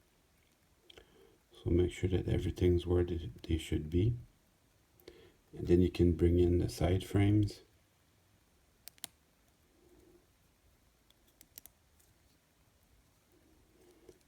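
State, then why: Seated. Someone talks, then the plastic side frames of an N scale Kato C44-9W locomotive truck are pressed onto the truck assembly. Two sharp clicks at 9.0 s and 11.6 s mark the side frames snapping into place, seated correctly.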